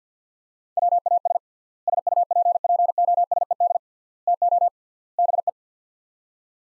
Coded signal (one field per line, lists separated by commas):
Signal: Morse code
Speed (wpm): 50 wpm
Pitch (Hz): 700 Hz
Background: none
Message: WAS SUPPOSED TO BE